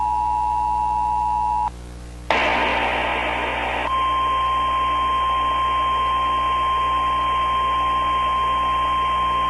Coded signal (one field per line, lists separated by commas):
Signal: Emergency Alert System (SAME) tones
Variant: 853 and 960 Hz attention tone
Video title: EAS Mock/Analog Horror - 7/25/2005